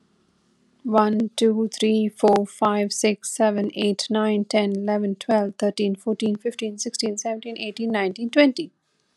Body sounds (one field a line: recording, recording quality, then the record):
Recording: counting at a fast pace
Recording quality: excellent, no background noise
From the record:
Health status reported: COVID-19 positive, mild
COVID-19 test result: positive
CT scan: not taken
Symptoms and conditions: cold, fever, fatigue, hypertension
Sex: female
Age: 54 years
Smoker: no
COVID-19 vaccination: both doses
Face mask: not worn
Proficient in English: yes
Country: India